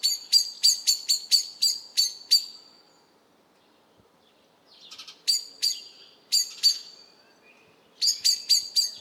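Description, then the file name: Common blackbird giving sharp, clicking chink notes in quick bursts of several, separated by pauses, with a faint softer call just before the second burst. "Turdus merula"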